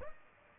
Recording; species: mosquito wingbeat signal from an infrared sensor; Aedes albopictus